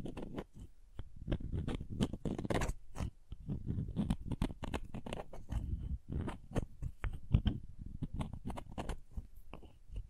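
Crayons tapping, scraping and cutting in a quick, irregular stream of sharp clicks and crunchy scratches over a low, rough rubbing. The taps come several times a second, with a few brighter, harder knocks near the middle and around the seventh second.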